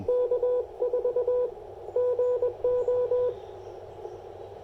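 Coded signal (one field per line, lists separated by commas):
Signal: Morse code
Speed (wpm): 21 wpm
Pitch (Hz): 490 Hz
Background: radio noise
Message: K4GO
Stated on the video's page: QRP CW park activation using an Icom IC-705 and CHA MPAS 2.0 antenna, making DX contacts despite poor propagation.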